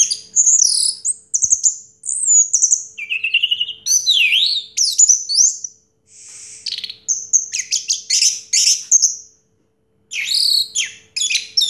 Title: Anis Merah Macet.. Pancing Dengan Suara Ini.. # Anis Merah